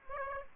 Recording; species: mosquito wingbeat signal from an infrared sensor; Aedes aegypti